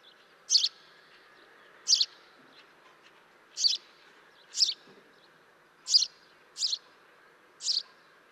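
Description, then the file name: House sparrow chirping: seven short, harsh chirps at irregular intervals, over faint steady background noise. "Passer domesticus"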